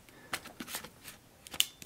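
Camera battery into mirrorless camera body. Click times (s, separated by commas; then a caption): 1.6 s. A camera battery is inserted into the grip of a Leica SL mirrorless camera body and pushed home, with a few light clicks and scrapes along the way. It snaps into place with a sharp click at 1.6 s, seated.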